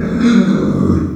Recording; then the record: squeal of a Yucatan mini pig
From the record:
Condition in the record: after surgery on the right vocal fold (resection and tissue-engineered implant); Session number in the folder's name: 9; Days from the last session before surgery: 65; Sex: female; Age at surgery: 19 weeks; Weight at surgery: 25 kg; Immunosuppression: prednisolone